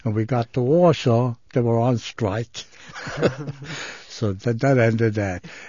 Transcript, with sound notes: And when we got to Warsaw they were on strike. ( he laughs ) So that ended that.